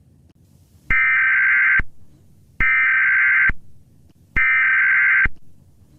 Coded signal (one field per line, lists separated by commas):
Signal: Emergency Alert System (SAME) tones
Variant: header bursts